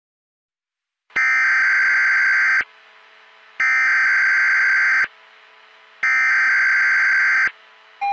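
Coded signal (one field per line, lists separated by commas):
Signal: Emergency Alert System (SAME) tones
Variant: header bursts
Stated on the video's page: Fictional EAS scenario made with an EAS simulator, with audio effects edited in.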